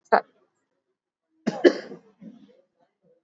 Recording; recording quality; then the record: shallow voluntary cough; moderate, slight background noise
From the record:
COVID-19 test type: RT-PCR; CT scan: not taken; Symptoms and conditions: none ticked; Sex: male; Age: 33 years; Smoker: no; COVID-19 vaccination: both doses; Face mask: worn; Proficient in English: yes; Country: India